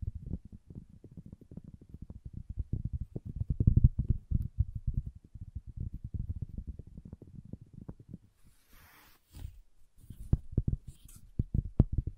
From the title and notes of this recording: ASMR Calming Wood Triggers for Sleep (No Talking).